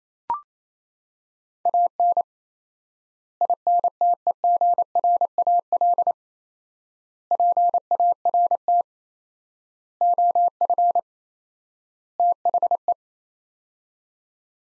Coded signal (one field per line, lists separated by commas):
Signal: Morse code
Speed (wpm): 28 wpm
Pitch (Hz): 700 Hz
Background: none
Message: AN INTEGRAL PART OF THE